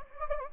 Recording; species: mosquito wingbeat signal from an infrared sensor; Anopheles gambiae